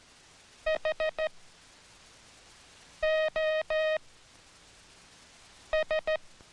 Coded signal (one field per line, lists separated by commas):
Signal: Morse code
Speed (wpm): 14 wpm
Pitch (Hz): 630 Hz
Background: music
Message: H O S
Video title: HOW MAKE MORSE CODE